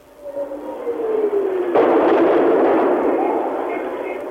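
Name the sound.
artillery shell explosions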